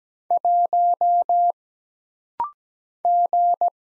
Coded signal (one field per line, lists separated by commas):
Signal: Morse code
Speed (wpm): 17 wpm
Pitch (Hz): 700 Hz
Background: none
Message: 1 G